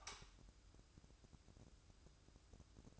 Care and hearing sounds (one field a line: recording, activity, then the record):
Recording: daily activity, microphone in the room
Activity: light on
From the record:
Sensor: 2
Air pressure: 1007.7 hPa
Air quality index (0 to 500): 95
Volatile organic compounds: 1 ppm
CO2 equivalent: 722 ppm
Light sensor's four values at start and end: 8/18/7/7 and 12/33/13/13